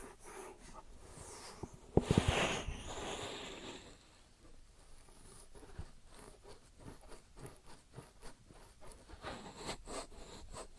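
An ear and scalp massage, heard as soft rubbing and rustling with quick crackles and brushing strokes. A louder burst of scratchy friction comes around two seconds, then fades into quieter, irregular rubbing and short scraping sounds that pick up again near the end.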